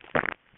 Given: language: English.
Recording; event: throat vibration sensor signal played as sound; swallow